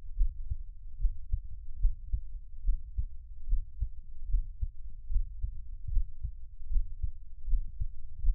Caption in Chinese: 獻上我的心跳 | Give my Heartbeat | NO Talking。